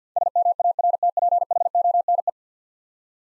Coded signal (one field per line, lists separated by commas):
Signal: Morse code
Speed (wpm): 51 wpm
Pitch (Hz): 700 Hz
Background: none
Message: SMARTPHONE